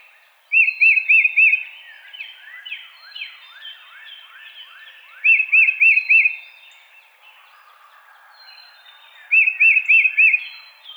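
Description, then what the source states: Tufted titmouse repeats three phrases of four clear arched whistles, several seconds apart, while another bird calls a rapid run of downslurred notes underneath. Recorded 22 March 2007.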